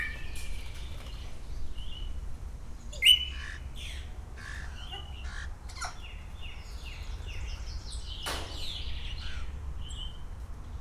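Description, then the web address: Grey parrot calls: scattered short squawks and chirps, one sharp loud whistle near three seconds, several crackly bursts, over steady low hum. Captive grey parrot at a zoo in Szeged, 2011, vocalising intermittently with pauses. "szegedizoo 2011 jakopapagaj jako szunetekkelmegszolal"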